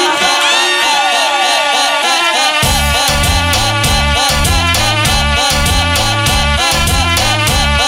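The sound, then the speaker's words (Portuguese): A crowd at a live band party shouts and cheers as the MC calls on Corinthians fans to shout, over loud, dense party music; a heavy, pounding bass beat kicks in about a third of the way through and drives on steadily beneath the noisy voices. “Mas quem for do Corinthians, grita.”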